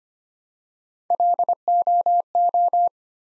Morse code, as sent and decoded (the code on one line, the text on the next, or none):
.-.. --- ---
LOO